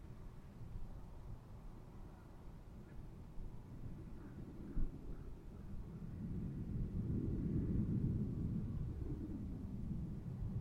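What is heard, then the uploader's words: Ambience at a manzanita barren in Montclair, California, made of a steady low rumble that swells louder from about six to nine seconds, then eases. A few faint, short chirps rise above it around three to five seconds, with one soft knock near five. Manzanita Barren - Montclair, CA. Zoom H6. Magnetic Microphone Mounts.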